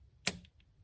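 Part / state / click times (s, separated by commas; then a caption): EVAP vapor line quick-connector onto purge solenoid port / seated / 0.3 s. A plastic EVAP vapor line quick-connect fitting is pressed firmly onto the purge solenoid nipple of a 2005 Chevy Trailblazer. A sharp, loud click sounds at 0.3 s, followed by two faint ticks at 0.5 s and 0.6 s. The connector is seated and locked in place on the purge solenoid port.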